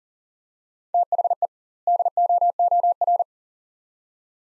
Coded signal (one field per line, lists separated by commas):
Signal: Morse code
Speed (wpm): 40 wpm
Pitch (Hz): 700 Hz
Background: none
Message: THE DOOR